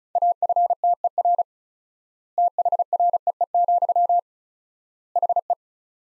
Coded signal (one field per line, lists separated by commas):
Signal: Morse code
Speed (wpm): 36 wpm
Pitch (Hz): 700 Hz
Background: none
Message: AFTER THREE, HE